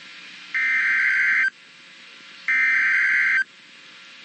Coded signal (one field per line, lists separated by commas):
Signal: Emergency Alert System (SAME) tones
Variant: header bursts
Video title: "THAT ESCALATED QUICKLY!" - Special Weather Statement & Severe Thunderstorm Warning [EAS #140-141]